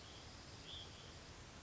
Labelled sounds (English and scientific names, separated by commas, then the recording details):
Hutton's Vireo (Vireo huttoni)
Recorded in Sonoma County, California